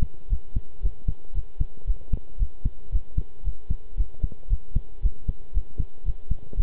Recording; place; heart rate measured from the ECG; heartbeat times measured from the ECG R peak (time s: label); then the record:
heart sounds by stethoscope; between the tricuspid and mitral areas; 115 bpm
0.30 s: heartbeat
0.82 s: heartbeat
1.34 s: heartbeat
1.87 s: heartbeat
2.39 s: heartbeat
2.92 s: heartbeat
3.44 s: heartbeat
3.97 s: heartbeat
4.50 s: heartbeat
5.02 s: heartbeat
5.54 s: heartbeat
6.05 s: heartbeat
6.56 s: heartbeat
From the record:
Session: pedaling a stationary bicycle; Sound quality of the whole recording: good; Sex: male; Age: 23 years